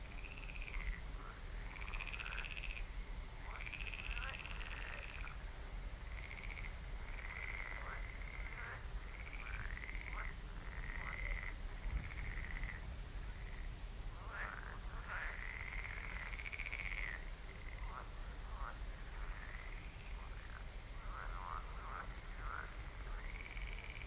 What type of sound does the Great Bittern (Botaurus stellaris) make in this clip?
call